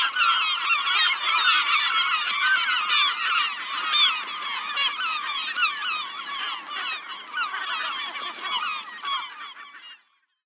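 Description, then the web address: Gulls in a noisy crowd, many harsh squawking cries overlapping steadily, thinning out and fading to silence right at the end. "seagulls"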